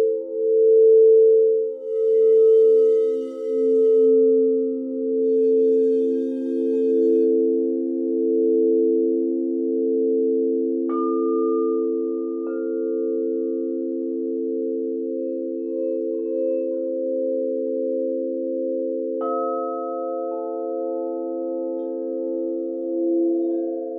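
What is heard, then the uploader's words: Crystal singing bowls hum in sustained, layered low-middle tones that pulse early on, with bright higher rings struck around eleven and nineteen seconds. Sound Bath for Visualisation with the Alchemy Crystal Singing Bowls.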